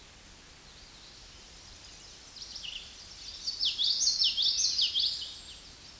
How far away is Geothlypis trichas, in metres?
about 10 m